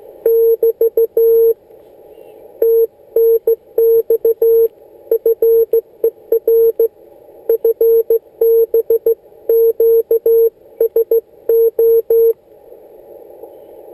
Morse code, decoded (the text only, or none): <BT> TNX FER FB QSO